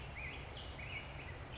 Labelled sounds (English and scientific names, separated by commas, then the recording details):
Black-headed Grosbeak (Pheucticus melanocephalus)
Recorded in Sonoma County, California